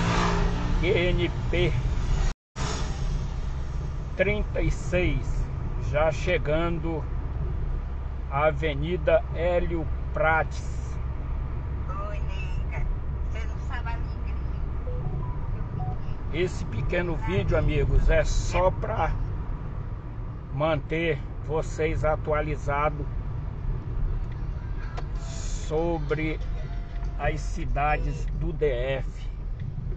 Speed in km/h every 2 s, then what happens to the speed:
36, 36, 37, 39, 39, 38, 38, 38, 37, 35, 33, 33, 33, 31, 28.
0-15 steady at about 38. 15-30 slows to 28.